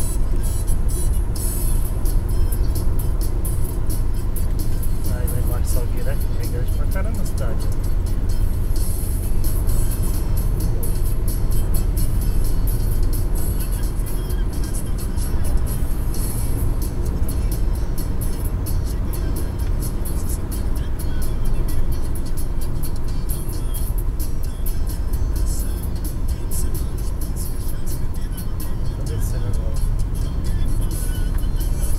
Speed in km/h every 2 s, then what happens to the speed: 119, 122, 125, 128, 130, 133, 134, 133, 130, 129, 123, 115, 114, 116, 117, 120.
0-11 speeds up to 134. 11-23 slows to 114.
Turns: none.